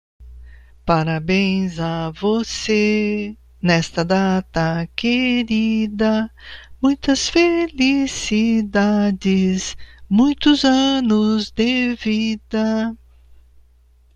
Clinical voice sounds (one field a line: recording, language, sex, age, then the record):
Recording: short text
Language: Brazilian Portuguese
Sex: female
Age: 60 to 69 years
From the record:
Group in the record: control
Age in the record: 60 years